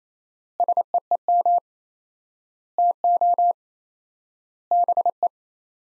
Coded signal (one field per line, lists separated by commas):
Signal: Morse code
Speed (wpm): 28 wpm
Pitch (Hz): 700 Hz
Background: none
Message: SEEM TO BE